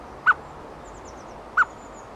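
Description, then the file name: Eurasian blackbird giving two short, low clucking calls about 1.3 seconds apart over a steady hiss, with faint high twitters in between. Female. "Turdus merula female"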